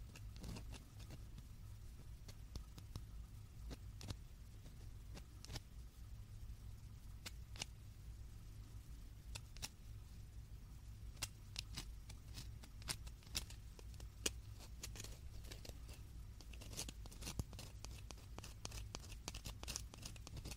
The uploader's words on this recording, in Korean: 말린 마시멜로우 만지작, 두드리기. Dried marshmallow touching , tapping sound.